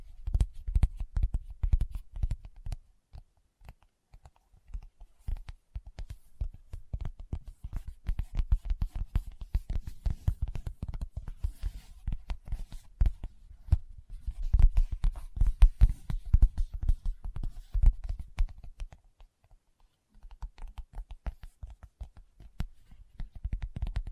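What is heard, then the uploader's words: Fingertips tap in quick, irregular bursts, each tap a short sharp click with a dull low thud beneath it. The taps come in dense flurries with brief pauses, the longest gap falling near the twentieth second before the tapping resumes. ASMR Tapping with Fingertips (No Talking).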